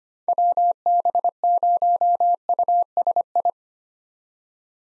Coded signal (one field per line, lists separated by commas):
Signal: Morse code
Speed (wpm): 25 wpm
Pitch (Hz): 700 Hz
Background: none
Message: WB0USI